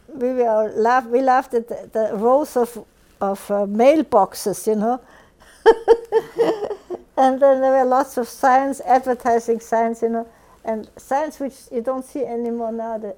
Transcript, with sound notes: We were, we laughed at the rows of mailboxes, you know? ( she laughs ) And then there were lots of signs, advertising signs, you know, and signs which you don't see any more now.